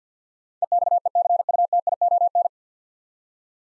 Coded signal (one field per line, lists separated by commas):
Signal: Morse code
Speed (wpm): 47 wpm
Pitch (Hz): 700 Hz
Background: none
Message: EXECUTION